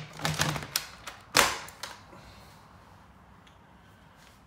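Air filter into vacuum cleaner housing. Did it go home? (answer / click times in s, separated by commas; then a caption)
yes / 0.8 s. A serviced air filter is refitted into the plastic housing of a Shark NV601UK31 vacuum cleaner during a low-suction service. A series of short plastic clatters and knocks is heard, with a sharp click at 0.8 s and a louder knock near 1.4 s before it fades to quiet. The filter seats in place.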